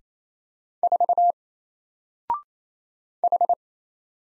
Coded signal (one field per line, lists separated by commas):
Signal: Morse code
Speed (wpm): 27 wpm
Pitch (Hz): 700 Hz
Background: none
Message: 4 H